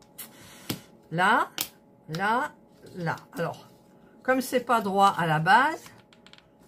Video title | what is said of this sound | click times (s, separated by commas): 🥰ACTION🤗DIY PUZZLE 3D😉CRAFTS & CO🥰⚠️VIDÉO LONGUE⚠️#action #puzzle3d | il rentre pas | none